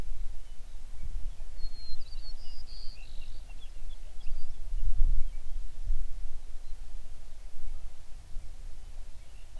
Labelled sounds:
songbird
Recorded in the Prudhoe Bay oil fields, Alaska, on 11 June 2019 at 05:08
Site 21

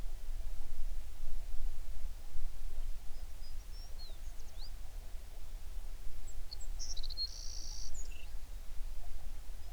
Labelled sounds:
songbird
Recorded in the Prudhoe Bay oil fields, Alaska, on 11 June 2019 at 04:45
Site 21

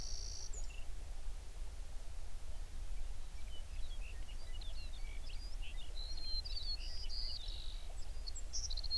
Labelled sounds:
songbird
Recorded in the Prudhoe Bay oil fields, Alaska, on 11 June 2019 at 04:47
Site 21

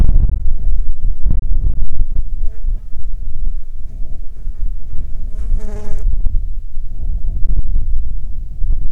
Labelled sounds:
wind, insects, man-made sound
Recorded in the Prudhoe Bay oil fields, Alaska, on 13 July 2019 at 22:00
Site 11

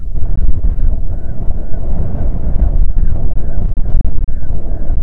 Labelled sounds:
bird, wind
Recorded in the Prudhoe Bay oil fields, Alaska, on 6 June 2019 at 03:34
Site 16

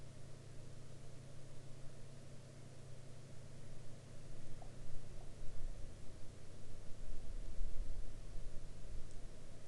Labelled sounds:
near silence
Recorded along the Dempster Highway, Canada, on 8 May 2019 at 01:59
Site 20

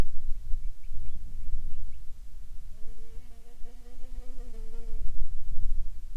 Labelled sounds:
bird, wind, insects
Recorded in the Arctic National Wildlife Refuge, Alaska, on 7 July 2019 at 19:45
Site 41

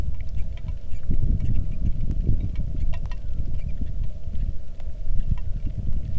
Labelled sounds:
wind
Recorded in the Arctic National Wildlife Refuge, Alaska, on 3 August 2019 at 09:28
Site 46

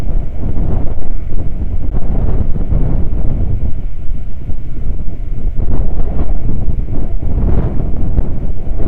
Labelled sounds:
wind
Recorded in the Prudhoe Bay oil fields, Alaska, on 9 August 2019 at 00:02
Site 29

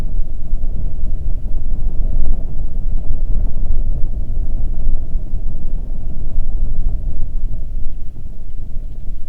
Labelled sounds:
wind
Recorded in the Arctic National Wildlife Refuge, Alaska, on 1 June 2019 at 02:47
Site 37

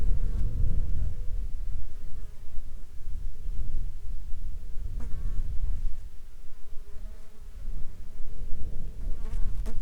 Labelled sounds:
insects
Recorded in the Arctic National Wildlife Refuge, Alaska, on 21 July 2021 at 11:25
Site 33

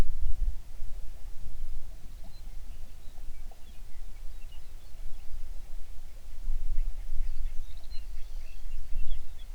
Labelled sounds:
songbird
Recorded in the Prudhoe Bay oil fields, Alaska, on 11 June 2019 at 05:07
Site 21

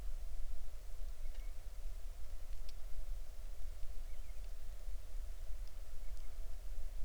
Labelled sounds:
bird, rain
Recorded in the Arctic National Wildlife Refuge, Alaska, on 20 July 2019 at 03:28
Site 38

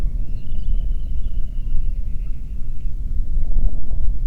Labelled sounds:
bird, wind
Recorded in the Prudhoe Bay oil fields, Alaska, on 8 June 2019 at 05:10
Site 30

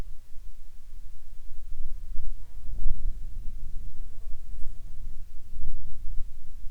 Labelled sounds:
bird, wind, insects
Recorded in the Arctic National Wildlife Refuge, Alaska, on 7 July 2019 at 18:42
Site 41

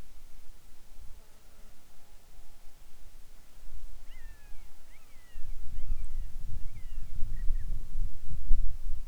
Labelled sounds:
seabird, wind, insects
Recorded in the Arctic National Wildlife Refuge, Alaska, on 7 July 2019 at 18:58
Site 41

